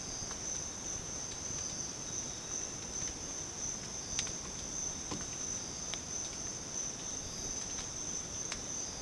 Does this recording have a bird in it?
no